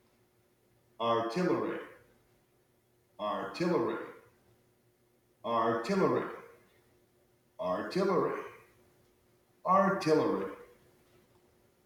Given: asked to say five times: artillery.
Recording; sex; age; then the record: repeated word; male; 30 to 39 years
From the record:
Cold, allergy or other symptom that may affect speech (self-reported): no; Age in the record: 33 years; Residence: Connecticut, United States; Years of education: 17